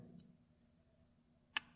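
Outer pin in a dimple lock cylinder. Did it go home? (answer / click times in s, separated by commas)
yes / 1.6 s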